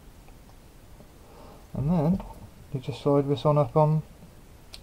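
On an FX-951 soldering iron, a plastic grip sleeve is slid on and thumbed up into the handle after a cartridge tip has been pushed fully in. Someone talks, and a single sharp click is heard at 4.7 s as the sleeve seats in place.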